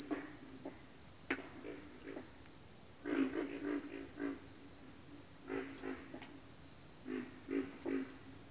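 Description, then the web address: Pig frog grunting, clusters of low raspy calls coming irregularly, accompanied by an unbroken high rhythmic cricket chirp. "Sounds of Nature Collection. Pig Frogs"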